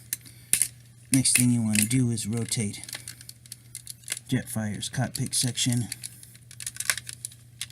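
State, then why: Seated. Someone talks while handling a plastic toy space shuttle during its robot transformation, with sharp plastic clicks and rattles throughout. The plastic cockpit section of the toy is rotated all the way down into the toy's body, and a click at 7.6 s marks it locking into place, seated.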